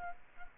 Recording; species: mosquito wingbeat signal from an infrared sensor; Culex quinquefasciatus